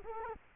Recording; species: mosquito wingbeat signal from an infrared sensor; Culex quinquefasciatus